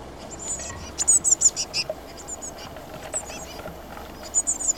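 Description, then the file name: Eurasian blue tit calls: thin, very high notes in short clustered bursts, a few quick sharp notes at a time, spaced irregularly over a steady background hiss. "Cyanistes caeruleus"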